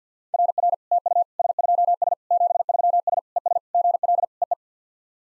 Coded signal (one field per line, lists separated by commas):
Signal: Morse code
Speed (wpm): 50 wpm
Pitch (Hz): 700 Hz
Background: none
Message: RR TU S2S 73S ES GL EE